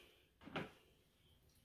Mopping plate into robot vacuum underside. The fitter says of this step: just snap right in and